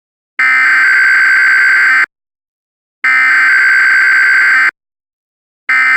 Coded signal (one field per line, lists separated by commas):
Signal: Emergency Alert System (SAME) tones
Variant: header bursts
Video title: "ATTACK OF THE TURKEYS" [INVASION EAS SCENARIO]